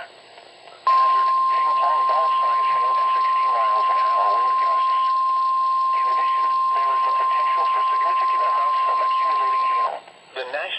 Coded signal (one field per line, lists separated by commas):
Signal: Emergency Alert System (SAME) tones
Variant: 1050 Hz attention tone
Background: speech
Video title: 3/23/19 EAS Severe Thunderstorm Warning Lincoln and Oklahoma City, Oklahoma NOAA Weather Radio